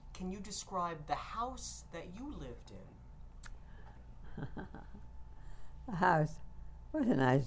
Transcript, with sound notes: Can you describe the house that you lived in?
( she laughs ) The house. It was nice.